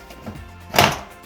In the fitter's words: 이렇게 딸깍 소리가 나면 설치된 겁니다요